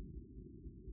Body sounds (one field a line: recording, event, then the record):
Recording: neck accelerometer signal played as sound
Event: no cough (speech, laughter, throat clearing or background)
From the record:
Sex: female